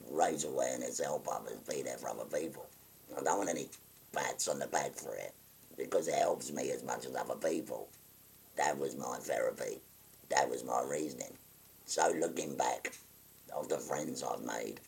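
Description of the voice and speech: A 57-year-old man speaking with a voice prosthesis: tracheoesophageal voice after total laryngectomy for stage 4 laryngeal cancer. He diverts air through a valve and out of the mouth, pressing a button over the stoma. The voice is low-pitched and rough, with short phrases separated by pauses.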